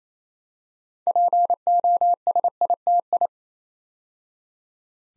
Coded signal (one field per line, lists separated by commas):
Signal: Morse code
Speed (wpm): 28 wpm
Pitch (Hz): 700 Hz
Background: none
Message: POSITI